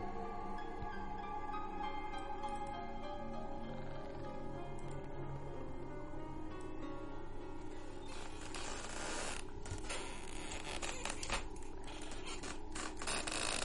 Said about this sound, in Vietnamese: Tối hôm ấy đang ngủ, tôi mơ màng lại nghe cái tiếng cọt cà cọt kẹt nó vang lên ở bên gian kia.